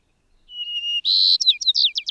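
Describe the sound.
Bird song: a thin level whistle, then a loud buzzy note followed by a rapid run of sharp, falling chirps.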